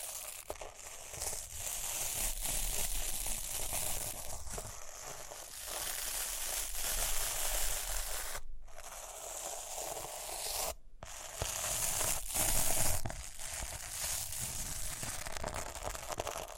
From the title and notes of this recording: ASMR Relaxing Rhinestone Tapping, Scratching, Brushing (No Talking).